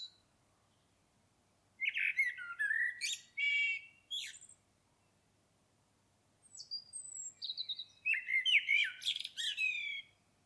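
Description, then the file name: Common blackbird phrases: mellow low warbling mixed with shrill high notes, a pause, then another warbled phrase finishing in scratchy twitters. "Turdus merula"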